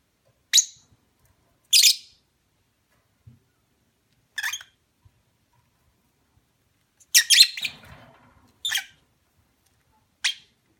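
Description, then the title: Lovebird uttering scattered high-pitched chirps, a few fainter, with a denser cluster of harsh notes later on, then single chirps to the end. Lovebird mating call, recorded for use as a lure to attract birds. "Suara Lovebird Kawin Untuk Pancingan"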